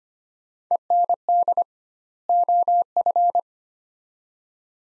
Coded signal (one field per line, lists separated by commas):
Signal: Morse code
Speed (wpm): 25 wpm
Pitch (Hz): 700 Hz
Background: none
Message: END OF